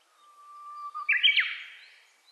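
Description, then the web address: Japanese bush warbler song: a long, steady low whistle that breaks into a quick, bright, rising-and-falling flourish, then trails off gradually. Recorded on 29 April 2001. "2001 010429 uguisu"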